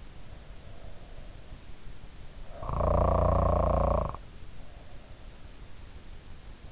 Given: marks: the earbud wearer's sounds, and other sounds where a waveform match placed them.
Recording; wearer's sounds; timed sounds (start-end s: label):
sounds in sleep by an in-ear microphone; snoring breath
2.59-4.39 s: snoring breath